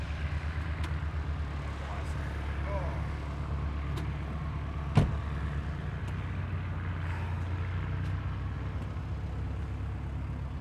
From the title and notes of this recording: Archerfield Light Aircraft (field recording). Composite field sound recording from Archerfield Airport near Brisbane, Australia. Sounds include aircraft taking off, landing and taxiiing as well as other airport sounds. Sound recording by G R Legge, 24 bit, 192kHz with a Sony PCM-D100.